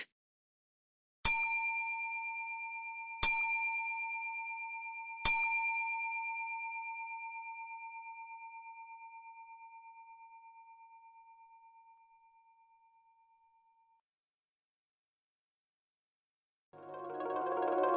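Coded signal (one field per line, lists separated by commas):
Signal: clock strike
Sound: three clear bell chimes about two seconds apart, ringing out slowly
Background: brief noise at end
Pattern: 3 strikes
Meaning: The hour is three o'clock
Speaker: the hours are chimed out in full in this example it is 3:00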